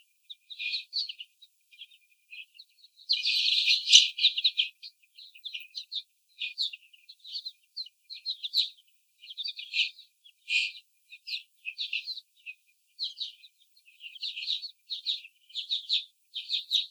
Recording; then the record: young laying hens in a cage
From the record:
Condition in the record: before the stressor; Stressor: sudden umbrella opening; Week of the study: 3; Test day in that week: 2